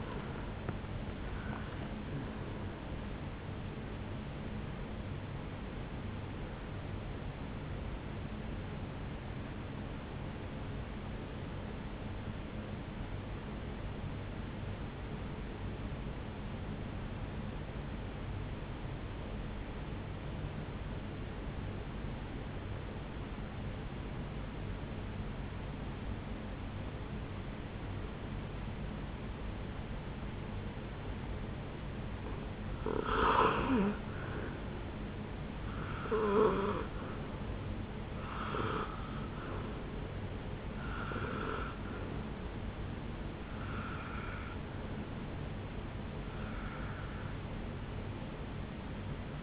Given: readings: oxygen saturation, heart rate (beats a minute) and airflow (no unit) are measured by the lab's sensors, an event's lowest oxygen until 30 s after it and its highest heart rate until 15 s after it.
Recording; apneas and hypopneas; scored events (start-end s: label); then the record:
breathing in sleep by a voice recorder at the bedside; 1
5.00-35.00 s: new sleep stage, N1 (lightest sleep)
9.00-33.00 s: hypopnea (N1, oxygen 97% highest, then 87% lowest, heart rate 64 at the start, 69 highest)
35.00-49.43 s: new sleep stage, N2 (light sleep)
From the record:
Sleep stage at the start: N2 (light sleep); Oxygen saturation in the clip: 82 to 97%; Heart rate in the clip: 60 to 79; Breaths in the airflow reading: 7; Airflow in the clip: -7.6 to 6.8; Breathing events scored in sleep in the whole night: 449 in 7.0 hours asleep